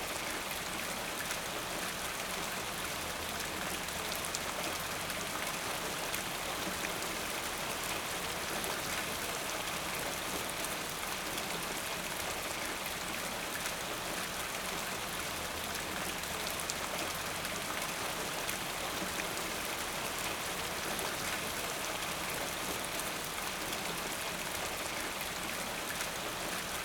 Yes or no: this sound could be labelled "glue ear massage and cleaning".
no